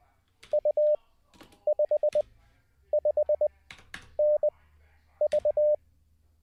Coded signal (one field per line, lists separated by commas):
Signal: Morse code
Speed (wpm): 20 wpm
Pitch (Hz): 600 Hz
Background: none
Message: U55NV